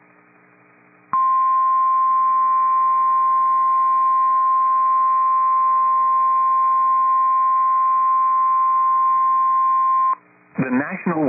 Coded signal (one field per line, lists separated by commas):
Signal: Emergency Alert System (SAME) tones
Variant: 1050 Hz attention tone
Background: speech